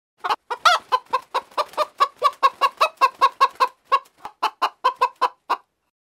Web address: chickens